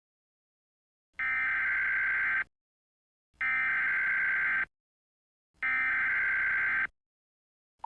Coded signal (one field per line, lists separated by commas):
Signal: Emergency Alert System (SAME) tones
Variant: header bursts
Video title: EAS Tsunami Warning for Hawaii (7/13/2009)